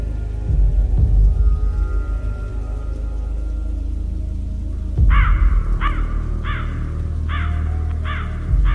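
A crow caws six times in a quick, regular series of harsh, raspy calls, then flies off, heard over a steady wash of rain and wind and a deep low rumble.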